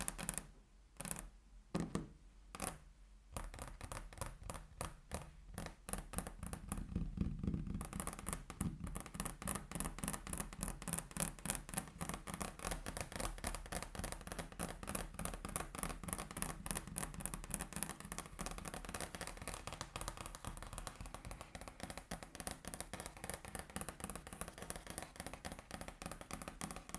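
Table tapping: a few sharp separate taps in the first three seconds, then continuous rapid tapping builds into a dense, fast, fairly regular patter. The strikes are bright and clicky with some low thump, growing slightly louder mid-clip and steady toward the end.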